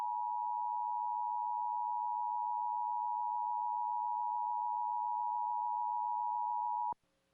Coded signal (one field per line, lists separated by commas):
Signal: Emergency Alert System (SAME) tones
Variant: 853 and 960 Hz attention tone